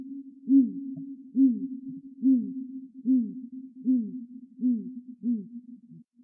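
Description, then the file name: Great grey owl hooting: a series of seven deep, low hoots, evenly spaced a little under a second apart. Recorded at Myrskylä, Finland, on 18 March 2006. "Strneb Myrskyla"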